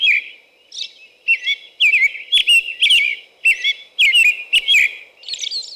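American robin song: liquid whistled phrases rising and falling in pitch, in quick succession, ending in a higher, thinner note.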